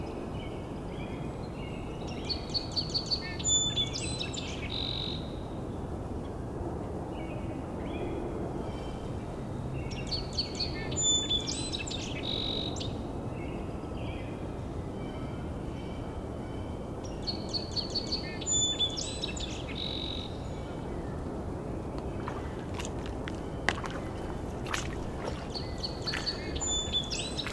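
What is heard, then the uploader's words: Song Sparrows sing in bouts, each phrase a quick run of bright notes and trills lasting a couple of seconds, returning about every eight seconds. A steady low rumble fills the background throughout, and a few sharp clicks come near the end. A return back to Hayesland Sanctuary, where a couple Song Sparrows are vying for territory.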